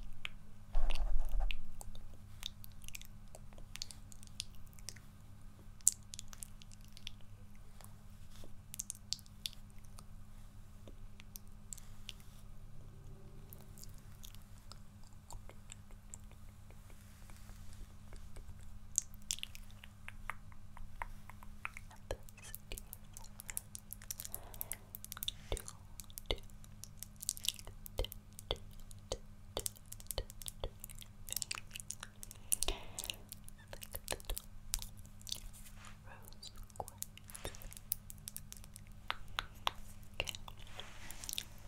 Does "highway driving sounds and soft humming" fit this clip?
no